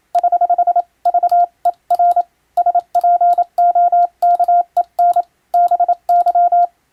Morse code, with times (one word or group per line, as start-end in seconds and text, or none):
0.2-0.8 <HH>
1.1-2.2 VER
2.6-5.2 SPOKEN
5.5-6.7 BY